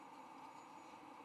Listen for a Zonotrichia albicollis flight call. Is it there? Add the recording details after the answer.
no. No flight call is heard. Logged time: 11:11 on 21 November 2014